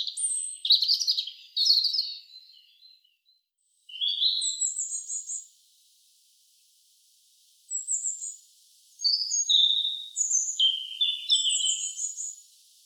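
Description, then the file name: European robin song in separate bursts of sharp, high, twittering and sliding notes, broken by pauses of up to about two seconds. "Erithacus rubecula"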